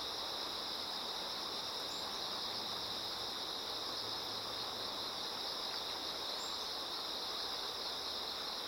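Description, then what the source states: Insect chorus as a continuous high buzzing trill, with rushing water beneath and two brief faint chirps. Insects singing in chorus beside a slowly flowing river.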